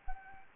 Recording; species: mosquito wingbeat signal from an infrared sensor; Anopheles gambiae